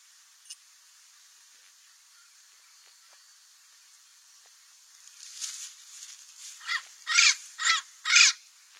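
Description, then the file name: Cape parrot, quiet at first, then a series of rough, rasping squawks in the final seconds, growing louder overall. "canto do papagaio do cabo"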